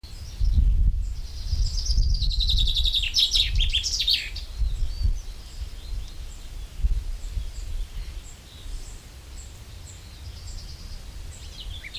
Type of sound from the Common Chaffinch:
song